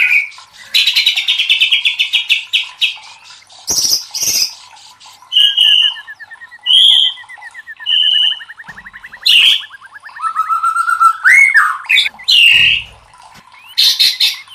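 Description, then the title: White-rumped shama song: a varied sequence of chattering trills, clear whistles, a long rapid rattle, and loud scratchy bursts with short pauses between phrases. Masteran (training recording) for cage birds, labelled Labaik. "MASTERAN MURAI BATU LABAIK"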